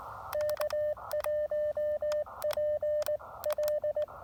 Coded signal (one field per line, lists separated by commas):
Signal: Morse code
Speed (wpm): 19 wpm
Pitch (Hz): 590 Hz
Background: radio noise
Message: K1PL